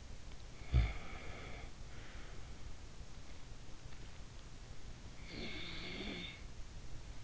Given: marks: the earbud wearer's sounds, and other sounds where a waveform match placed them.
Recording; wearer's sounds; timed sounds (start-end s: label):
sounds in sleep by an in-ear microphone; snoring breath, breath
0.39-2.27 s: snoring breath
5.01-7.24 s: breath